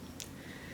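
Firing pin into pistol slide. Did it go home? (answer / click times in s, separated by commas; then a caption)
partly / 0.2 s. A replacement firing pin is lowered carefully into its hole in the slide of a Romanian Tokarev TTC pistol, with the scallop facing up so the retaining pin can slide through it. One short tick is heard at 0.2 s over a low steady background. The firing pin is not fully seated in the slide.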